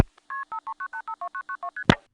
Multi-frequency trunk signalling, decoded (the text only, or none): KP539852992ST